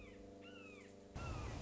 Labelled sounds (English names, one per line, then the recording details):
Red-shouldered Hawk
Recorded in Sonoma County, California